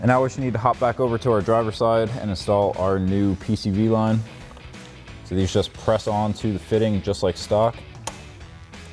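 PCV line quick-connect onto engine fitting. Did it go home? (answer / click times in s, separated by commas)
yes / 8.1 s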